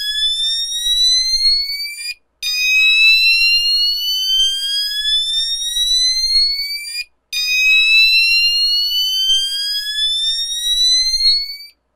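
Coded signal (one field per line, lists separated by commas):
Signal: alarm pattern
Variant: whoop tone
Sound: rising whoop tone sweeping upward for about five seconds, repeating after short pauses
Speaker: the last real different tone on here is called whoop I believe this is number seven or eight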